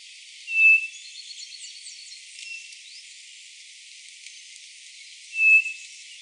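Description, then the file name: White-bellied nothura whistles: two short, level, high whistles about five seconds apart, with faint insect-like buzzing and chirps in the background. "nothura boraquira"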